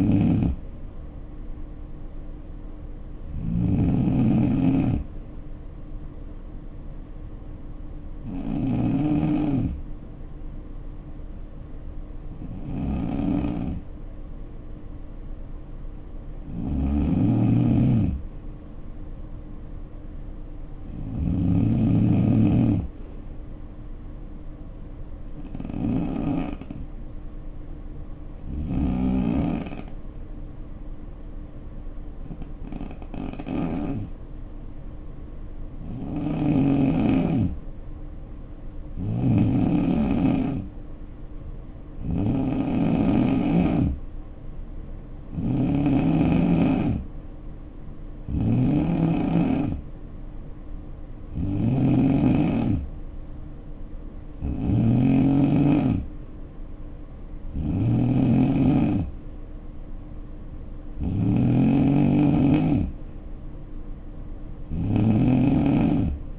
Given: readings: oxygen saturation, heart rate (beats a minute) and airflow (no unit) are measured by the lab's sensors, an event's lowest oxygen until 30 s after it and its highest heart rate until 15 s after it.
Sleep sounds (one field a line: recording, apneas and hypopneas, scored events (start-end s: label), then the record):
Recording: breathing in sleep by a smartphone at the bedside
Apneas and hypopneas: 2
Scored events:
8.00-19.10 s: hypopnea (N2, oxygen 94% highest, then 87% lowest, heart rate 58 at the start, 63 highest)
31.00-44.10 s: hypopnea (N2, oxygen 91% highest, then 86% lowest, heart rate 62 at the start, 66 highest)
From the record:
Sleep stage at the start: N2 (light sleep)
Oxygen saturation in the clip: 81 to 94%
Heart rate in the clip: 57 to 66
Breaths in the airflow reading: 18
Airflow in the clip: -5.4 to 3.0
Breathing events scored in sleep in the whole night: 520 in 7.2 hours asleep